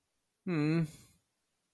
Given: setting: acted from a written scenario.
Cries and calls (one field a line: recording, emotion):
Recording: vocal sound without words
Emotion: sympathy